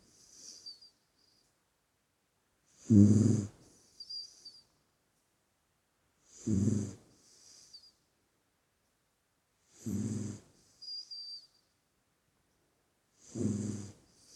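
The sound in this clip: Dog snoring with rough, rumbling breaths about every three to four seconds, each trailed by a brief wheezy exhale.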